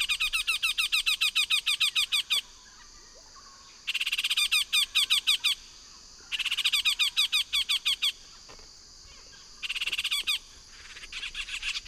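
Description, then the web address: Yellow-tufted woodpecker rattles: bursts of fast, evenly repeated sharp notes, each lasting about two seconds with short pauses between them. Eastern lowlands of South America. "ENTER Music and Audio. Nature Songs S America Eastern Lowlands. Yellow-tufted Woodpecker"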